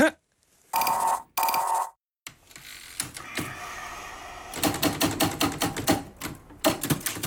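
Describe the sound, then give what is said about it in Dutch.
Two short buzzing, ratcheting bursts give way to a quick, uneven run of sharp clacking keystrokes as a letter is typed on an old manual typewriter, loud and crisp, with no voices. “Op prachtige oude typemachines.”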